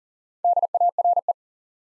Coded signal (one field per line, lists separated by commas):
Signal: Morse code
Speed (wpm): 39 wpm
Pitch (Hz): 700 Hz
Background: none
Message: DARE